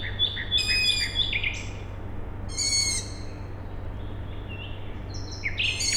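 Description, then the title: Owl chicks' grating, squeaky calls in short bursts, mixed with another bird's rapid whistled notes over a continuous low droning hum. Owl chicks calling at night, Tuesday 21 May 2019, Siemianowice Śląskie, Poland; industrial plant audible in background; recorded with Zoom H5 and Audio-Technica BP4025. "Siemianowice Śląskie, Polska - Owl chicks"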